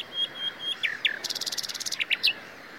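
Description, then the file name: Common nightingale song: a thin whistle and downward-sliding notes, then a fast buzzy rattle, ending in a few loud sharp notes. "Luscinia megarhynchos"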